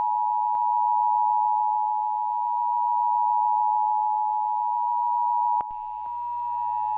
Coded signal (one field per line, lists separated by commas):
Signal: Emergency Alert System (SAME) tones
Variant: 853 and 960 Hz attention tone